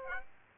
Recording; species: mosquito wingbeat signal from an infrared sensor; Aedes aegypti